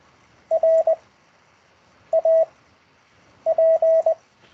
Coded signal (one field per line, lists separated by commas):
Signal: Morse code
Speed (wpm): 20 wpm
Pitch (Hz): 650 Hz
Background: none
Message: R A P